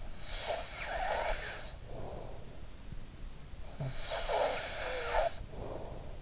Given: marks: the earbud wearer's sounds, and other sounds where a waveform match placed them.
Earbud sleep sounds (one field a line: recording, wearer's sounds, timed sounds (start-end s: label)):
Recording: sounds in sleep by an in-ear microphone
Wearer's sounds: snoring breath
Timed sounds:
0.00-2.69 s: snoring breath
3.78-6.12 s: snoring breath